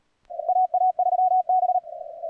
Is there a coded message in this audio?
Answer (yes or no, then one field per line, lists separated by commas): yes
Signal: Morse code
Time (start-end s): 0.5-1.8 s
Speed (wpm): 38 wpm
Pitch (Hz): 740 Hz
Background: none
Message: AA3B